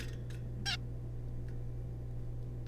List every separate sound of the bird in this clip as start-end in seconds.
0.66-0.77